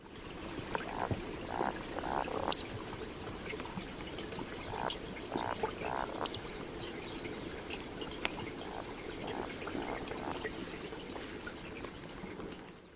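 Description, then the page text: Eurasian woodcock uttering quiet guttural grunts and two piercing high squeaks, with a hissing, trickling background throughout. "Matthias Feuersenger - Вальдшнеп (Scolopax rusticola)"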